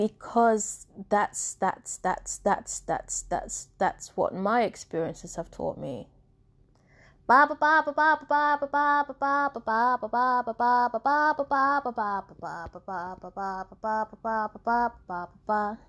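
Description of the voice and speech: An adult woman's speech breaks into rapidly repeated "that's," then a pause and a long, rapid run of "ba" syllables. These are vocal tics of Tourette syndrome, which has progressed to include learned words. The tics are unintentional and unrelated to what she is saying.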